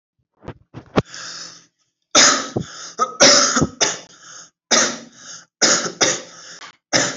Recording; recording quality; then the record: heavy voluntary cough; excellent, no background noise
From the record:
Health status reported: healthy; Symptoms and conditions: none ticked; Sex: male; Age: 18 years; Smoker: not ticked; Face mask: not worn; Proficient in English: yes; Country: India